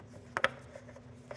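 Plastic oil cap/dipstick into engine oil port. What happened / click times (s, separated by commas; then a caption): The plastic cap clicked home / 0.4 s. A plastic oil cap or dipstick is pushed back into the engine oil port of a Kia SUV after the oil is checked and topped up. Two sharp plastic clicks sound at 0.4 s and 0.4 s, followed by a faint tick near 1.3 s over a low steady hum. The cap is confirmed seated.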